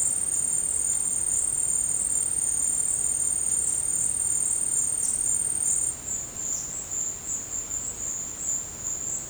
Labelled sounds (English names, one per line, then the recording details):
none
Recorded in dense forest near Puerto Asís, Putumayo, Colombia, on 22 December 2024 at 12:30
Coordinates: 0.481, -76.323
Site G100